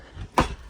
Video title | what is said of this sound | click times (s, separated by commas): 2016 Venture RV Sonic SN234VBH Rear Bunk Room#5438A | Little click here. | 0.4 s